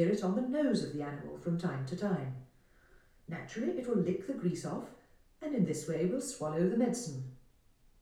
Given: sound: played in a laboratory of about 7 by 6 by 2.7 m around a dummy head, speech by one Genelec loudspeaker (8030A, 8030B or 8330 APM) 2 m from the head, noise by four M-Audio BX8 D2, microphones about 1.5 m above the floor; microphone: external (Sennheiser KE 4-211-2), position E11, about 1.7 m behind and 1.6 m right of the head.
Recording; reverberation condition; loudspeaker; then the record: female speech in English; medium; 30 degrees to the left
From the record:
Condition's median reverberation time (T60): about 510 ms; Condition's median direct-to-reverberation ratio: about -0.5 dB